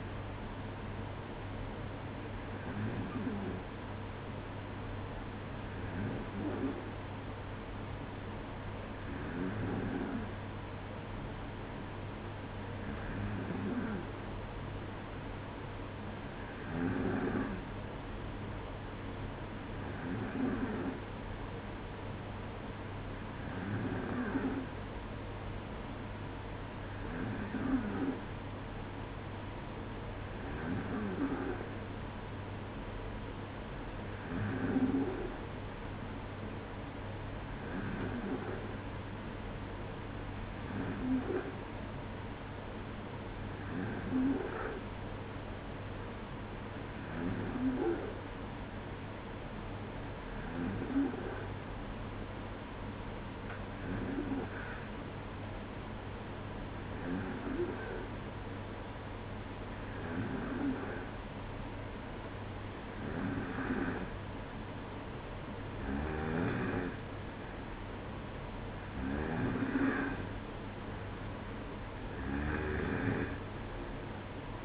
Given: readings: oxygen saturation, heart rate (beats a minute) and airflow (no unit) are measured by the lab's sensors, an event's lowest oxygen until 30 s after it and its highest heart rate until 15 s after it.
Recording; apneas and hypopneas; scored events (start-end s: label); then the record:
breathing in sleep by a voice recorder at the bedside; none
none scored
From the record:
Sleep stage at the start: N2 (light sleep); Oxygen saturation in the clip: 93 to 94%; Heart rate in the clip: 55 to 61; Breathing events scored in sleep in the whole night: 305 in 9.6 hours asleep